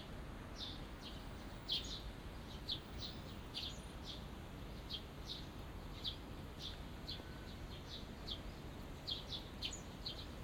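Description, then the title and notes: Birds chirping with clear high notes in quick succession, a few brighter calls standing out, over low steady noise. Small birds singing in a small garden in a corner of Yushima Tenjin shrine, Tokyo, surrounded by buildings, recorded after rain; binaural recording. "小鳥のさえずり、雨上がりの庭園にて（Binaural）- Birds singing in the garden. 湯島天神の片隅にある小さな庭園で録音しました。"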